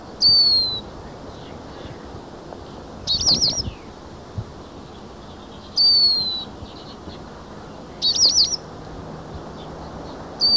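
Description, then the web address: Lesser goldfinch calls: thin, high whistles sliding downward, alternating with short twittering notes, repeated over a steady background hiss. Recorded in Ecuador. "Birds of Ecuador Lesser Goldfinch"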